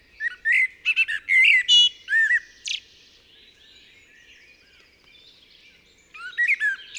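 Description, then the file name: Common blackbird song with rich fluted warbling notes followed by a scratchy twitter, then a quiet gap of bird chatter before another phrase begins. "Turdus merula"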